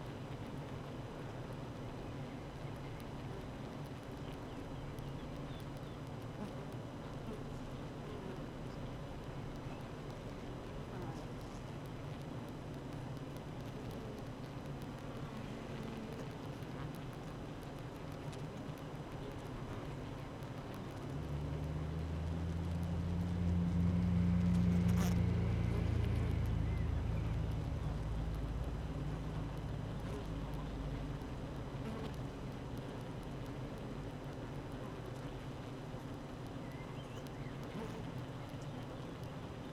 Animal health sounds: honeybee colony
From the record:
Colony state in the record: active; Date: 12 June 2018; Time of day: 8:20

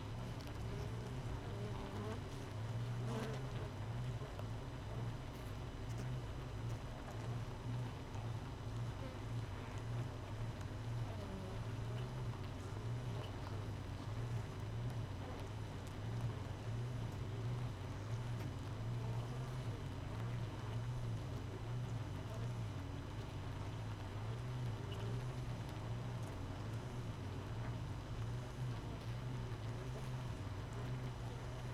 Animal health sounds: honeybee colony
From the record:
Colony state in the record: missing queen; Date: 31 May 2018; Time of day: 5:20

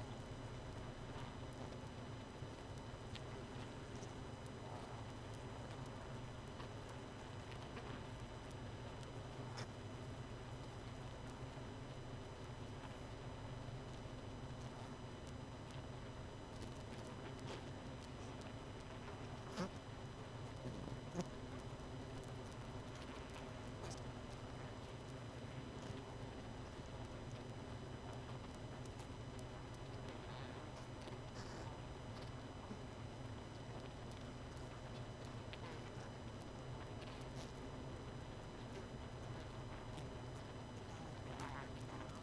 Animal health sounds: honeybee colony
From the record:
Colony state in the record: missing queen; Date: 31 May 2018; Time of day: 23:23

